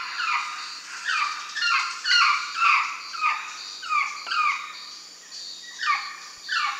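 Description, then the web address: Common woolly monkey calls: a series of whiny, harmonic notes that each slide downward, repeated roughly twice a second with uneven spacing; no other clear sounds. Primate of the South American rainforest. "Nature Songs S America Primates of the Rainforest Common woolly monkey"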